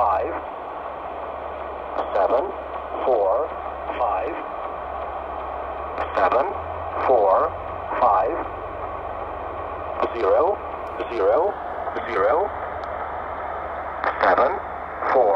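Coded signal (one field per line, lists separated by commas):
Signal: numbers station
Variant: E7, English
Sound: synthetic-sounding voice reading English digits in groups over steady radio static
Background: radio static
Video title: E7 Numbers Station Test reception with Grundig YB 400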